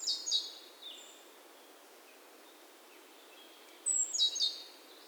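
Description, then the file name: Great tit giving a high chipping call at the start and again near the end, with a quiet pause and soft hiss between. "Parus major"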